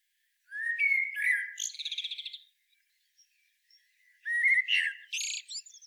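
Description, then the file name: Common blackbird song in two phrases, each starting with low fluted whistles and finishing in a fast, rattling high-pitched twitter, separated by a pause. "Turdus merula"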